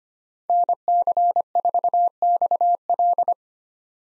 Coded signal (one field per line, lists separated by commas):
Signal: Morse code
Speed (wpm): 25 wpm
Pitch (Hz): 700 Hz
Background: none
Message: NC4XL